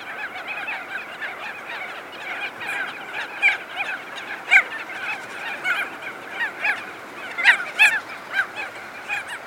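Crested auklets in full chorus, layered honking calls with sharper loud notes popping out every second or two over the constant din.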